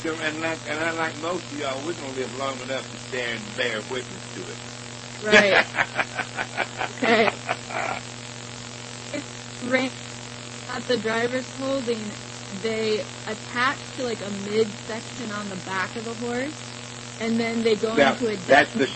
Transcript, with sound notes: and unlike most of y’all, we’re gonna live long enough to stand and bear witness to it. [laughs]
Right. Okay. The reins that the driver’s holding, they attach to, like, a mid-section on the back of the horse. And then they go into a